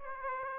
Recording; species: mosquito wingbeat signal from an infrared sensor; Aedes aegypti